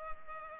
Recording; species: mosquito wingbeat signal from an infrared sensor; Culex pipiens